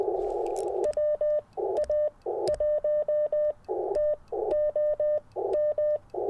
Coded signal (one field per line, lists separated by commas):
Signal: Morse code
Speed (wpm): 20 wpm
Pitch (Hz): 590 Hz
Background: none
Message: WA1TOM